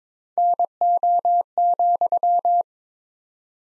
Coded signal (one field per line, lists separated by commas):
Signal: Morse code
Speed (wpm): 22 wpm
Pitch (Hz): 700 Hz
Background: none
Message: NO,